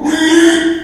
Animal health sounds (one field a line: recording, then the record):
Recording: squeal of a Yucatan mini pig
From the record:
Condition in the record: after surgery on the right vocal fold (resection and tissue-engineered implant)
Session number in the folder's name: 3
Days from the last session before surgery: 33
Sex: male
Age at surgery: 12 weeks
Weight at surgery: 13 kg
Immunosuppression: cyclosporine, prednisolone